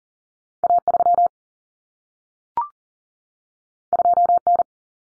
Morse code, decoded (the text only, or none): A3 2N